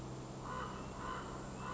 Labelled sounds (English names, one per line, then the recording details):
Common Raven
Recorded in Sonoma County, California